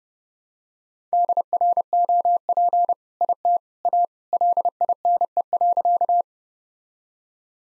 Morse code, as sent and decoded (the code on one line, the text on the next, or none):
-.. .-. --- .--. / .. - / .- / .-.. .. -. . .-.-.-
DROP IT A LINE.